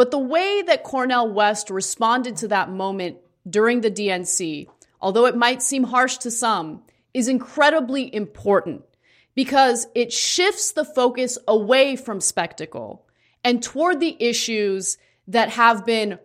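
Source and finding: Adult female speaker. Normal speech.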